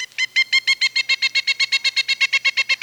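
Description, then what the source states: Pileated Woodpecker calling a fast, even series of many loud ringing notes. Call more often heard as days lengthen; pileateds more abundant than usual but too shy to visit feeders.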